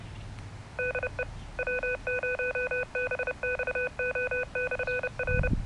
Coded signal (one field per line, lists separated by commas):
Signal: Morse code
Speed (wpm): 30 wpm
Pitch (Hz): 500 Hz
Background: none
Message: DE W0BXO/R